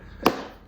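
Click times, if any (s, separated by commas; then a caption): 0.3 s. A rear plastic trim piece of a LIGIANT PD50 blue Jeep kids' ride-on car is pressed one-handed onto the car body. A single sharp, knock-like snap is heard at 0.3 s and fades quickly. The piece is seated, snapped into place.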